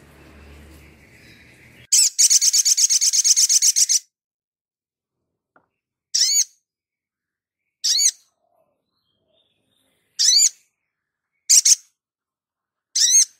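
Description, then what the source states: Little spiderhunter: a two-second burst of rapid high buzzy trills, then five short sharp high calls at irregular intervals. Training recording (masteran) for caged birds, Labaik variant.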